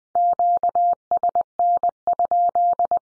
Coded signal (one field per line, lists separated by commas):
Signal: Morse code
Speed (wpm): 20 wpm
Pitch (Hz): 700 Hz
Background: none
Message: QSN?